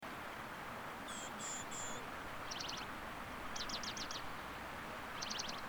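White-crowned penduline tit: three thin, high whistled notes followed by three quick, rattling bursts of very high trilled notes, over steady background noise.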